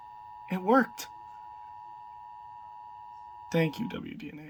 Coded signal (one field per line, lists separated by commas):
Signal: Emergency Alert System (SAME) tones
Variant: 853 and 960 Hz attention tone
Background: speech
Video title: 4TH TIMES THE CHARM! (L.S. EAS #126) Severe Thunderstorm Warning